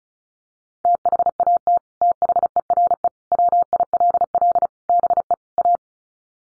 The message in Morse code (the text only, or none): THAT THERE WILL BE A